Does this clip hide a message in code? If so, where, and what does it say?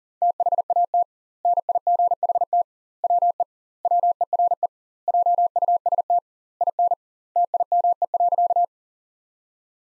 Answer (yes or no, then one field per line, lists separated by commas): yes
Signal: Morse code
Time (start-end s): 0.2-8.6 s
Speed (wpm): 40 wpm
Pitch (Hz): 700 Hz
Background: none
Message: THAT NIGHT WE WERE JUST IN TIME.